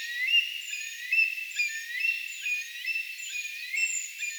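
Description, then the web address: Eurasian treecreeper calls: thin, very high notes repeated about once a second, with lower slurred sounds running alongside. Brood of young calling, recorded 4 June 2025; identification given as tentative. "paivat 4 6 2025 tietaakseni puukiipijapesueen aantelya"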